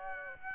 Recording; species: mosquito wingbeat signal from an infrared sensor; Aedes aegypti